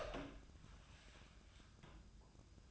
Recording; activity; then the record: daily activity, microphone in the room; open door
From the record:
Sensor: 2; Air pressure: 1004.7 hPa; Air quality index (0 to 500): 74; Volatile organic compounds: 1 ppm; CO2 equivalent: 881 ppm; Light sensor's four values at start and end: 7/16/6/7 and 7/16/7/7